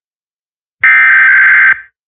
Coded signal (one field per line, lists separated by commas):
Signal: Emergency Alert System (SAME) tones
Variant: header bursts